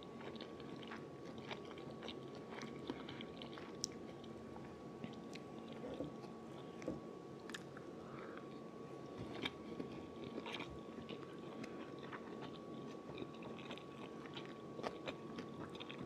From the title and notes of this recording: Eating Fried Rice (ASMR Radio). Eats eggs over fried rice.